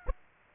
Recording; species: mosquito wingbeat signal from an infrared sensor; Aedes aegypti